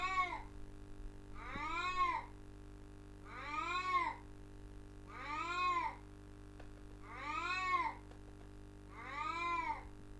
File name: mau 2